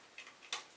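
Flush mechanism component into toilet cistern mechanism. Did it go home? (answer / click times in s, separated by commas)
no / none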